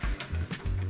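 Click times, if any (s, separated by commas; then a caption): none. A gas canister is handled into the collet connector of a Magnum Ceramic portable ceramic gas stove while music plays underneath. Nothing has seated or clicked yet; the canister is not yet locked home.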